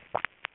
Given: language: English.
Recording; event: throat vibration sensor signal played as sound; swallow